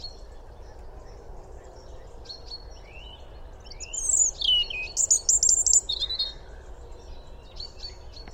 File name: Erithacus rubecula